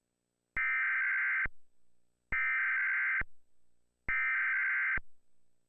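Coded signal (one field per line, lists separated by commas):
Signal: Emergency Alert System (SAME) tones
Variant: header bursts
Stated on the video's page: Mock EAS scenario with valid SAME tones, not an actual broadcast alert.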